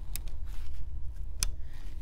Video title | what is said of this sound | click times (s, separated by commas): HPE ProLiant DL360 Gen9 Gen9 Server Review & Overview - Memory Install Tips - How to Configure RAM | and it's just that simple when you hear those little clicks that's how you know the module is fully seated | 0.2 s, 1.4 s